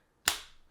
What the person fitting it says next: Good, solid click on there.